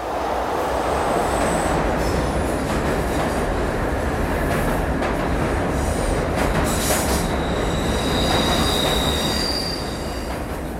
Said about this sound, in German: Und der schönste Moment für mich war die Eröffnung in Münster an dem Lüftungsschacht, wo die Bahn durchrauscht